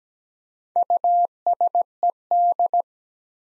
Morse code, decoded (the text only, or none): USED